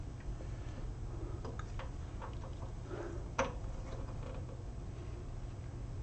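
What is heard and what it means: The top of a die-cast/plastic scale model part in the door or window area of an Ecto-1 model car, which was not fully in, is pressed into the car body. A few faint ticks come at about 1.5, 1.6 and 1.8 seconds over a low steady hum. Then the part pops home with a single sharp click at 3.4 seconds and is fully seated.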